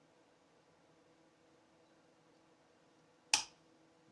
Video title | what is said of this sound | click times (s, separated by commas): Stihl 019T Cylinder Paint & Assembly #buckinexperience | Alright. There it goes. Snaps right in. | 3.3 s